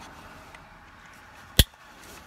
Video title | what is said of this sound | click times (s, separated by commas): How To Install Brake Controller on Nissan Armada - Tekonsha 90160 Primus IQ | so you just line those up you hear the click it's good to go | 1.6 s